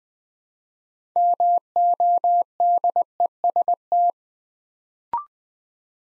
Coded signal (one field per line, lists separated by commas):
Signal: Morse code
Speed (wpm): 20 wpm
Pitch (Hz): 700 Hz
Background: none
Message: MODEST